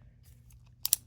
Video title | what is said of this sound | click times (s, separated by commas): airex Eldorado spin cast reel take apart and service | It just clips in like that. | 0.8 s, 0.9 s